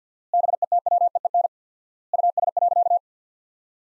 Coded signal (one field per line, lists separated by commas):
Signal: Morse code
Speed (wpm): 50 wpm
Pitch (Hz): 700 Hz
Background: none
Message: BETWEEN US.